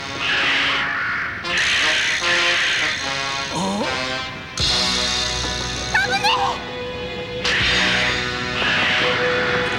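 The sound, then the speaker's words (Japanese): A large bird caws loudly in harsh, raspy bursts, repeating in several rough rounds over about ten seconds, with other voices and a busy sound bed running underneath, in a Dragon Ball broadcast. “あれが低い鳥か。”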